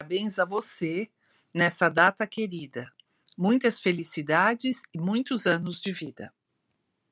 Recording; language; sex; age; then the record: short text; Brazilian Portuguese; female; 60 to 69 years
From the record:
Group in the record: control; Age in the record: 62 years